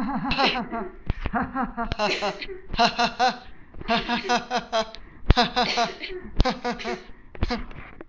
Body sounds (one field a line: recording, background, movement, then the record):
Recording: laughter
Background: a bystander coughing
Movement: sitting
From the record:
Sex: male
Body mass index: 20.6 kg/m2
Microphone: on the chest, facing the body